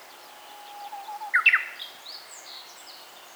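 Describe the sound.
Bird calling: a thin steady whistle, then a quick burst of chattering notes, followed by a few faint higher slurred notes.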